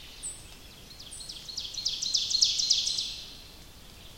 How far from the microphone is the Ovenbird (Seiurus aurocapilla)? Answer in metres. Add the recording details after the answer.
about 50 m. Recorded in boreal forest in Alberta, Canada, on 29 May 2016 at 07:25. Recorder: SongMeter 3, array SBT-3-49. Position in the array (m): 55 m, 262 m. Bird 14